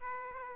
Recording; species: mosquito wingbeat signal from an infrared sensor; Aedes aegypti